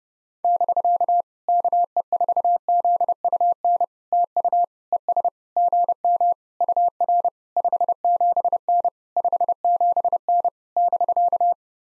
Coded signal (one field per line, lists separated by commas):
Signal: Morse code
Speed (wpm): 30 wpm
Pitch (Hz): 700 Hz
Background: none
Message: <BK> KE4ZUN TU ES GM UR 57N 57N <BK>